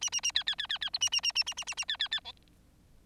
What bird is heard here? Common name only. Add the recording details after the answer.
Bengalese Finch. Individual Bird4